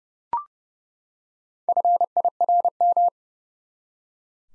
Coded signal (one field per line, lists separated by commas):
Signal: Morse code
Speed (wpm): 30 wpm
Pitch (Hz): 700 Hz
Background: none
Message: FIRM